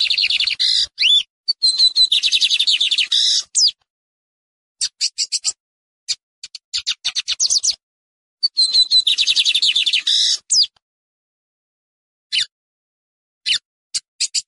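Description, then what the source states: Lined seedeater song: fast bursts of high buzzy, rattling notes, broken by several silent gaps, with short sharp chips between phrases. Song recording made for warming up and training a pet bird.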